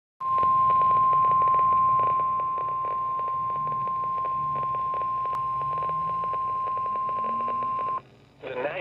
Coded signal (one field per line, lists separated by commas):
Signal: Emergency Alert System (SAME) tones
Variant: 1050 Hz attention tone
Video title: Severe Thunderstorm Warning on KEC-60 (EAS #70)